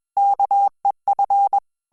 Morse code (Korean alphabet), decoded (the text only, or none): 안